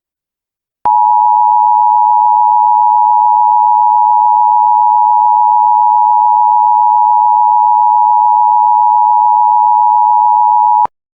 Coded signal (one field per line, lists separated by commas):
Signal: Emergency Alert System (SAME) tones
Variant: 853 and 960 Hz attention tone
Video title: EAS Scenario #1: Ghostbusters